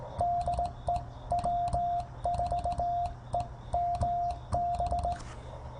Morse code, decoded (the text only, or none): DE W4EMB